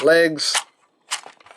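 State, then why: Released. Someone talks, then a small release on a plastic transforming robot toy is pressed to unlock the legs from the upper body. A short cluster of plastic clicks sounds at 1.4, 1.5 and 1.5 seconds as the leg lock disengages and releases.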